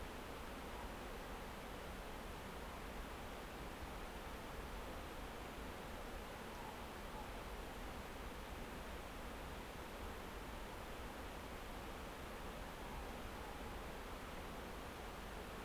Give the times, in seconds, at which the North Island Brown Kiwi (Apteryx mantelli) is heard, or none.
none